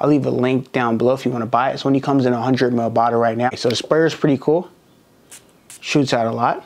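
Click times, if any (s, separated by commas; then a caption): none. Someone talks about a 100 ml Davidoff Cool Water Parfum bottle and its sprayer while handling the plastic cap, a non-magnetic cap meant to snap onto the bottle's sprayer neck. In a quiet pause, brief sharp sounds are heard around 5.3 s and 5.7 s before the talking resumes. Nothing has seated or clicked yet; the cap is not yet home.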